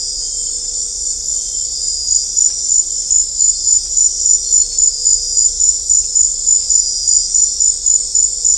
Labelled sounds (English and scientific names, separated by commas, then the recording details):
none
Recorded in dense forest near Puerto Asís, Putumayo, Colombia, on 16 December 2024 at 19:30
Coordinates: 0.500, -76.322
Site G053